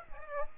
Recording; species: mosquito wingbeat signal from an infrared sensor; Aedes aegypti